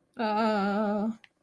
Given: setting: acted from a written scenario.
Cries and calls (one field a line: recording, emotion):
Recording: vocal sound without words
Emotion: distress